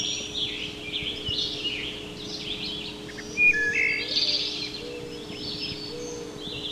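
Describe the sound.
Wood thrush song, a run of high warbling phrases, with a steady low hum underneath throughout.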